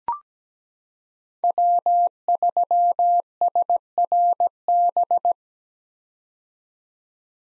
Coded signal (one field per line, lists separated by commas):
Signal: Morse code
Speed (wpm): 17 wpm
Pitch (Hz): 700 Hz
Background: none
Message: W3SRB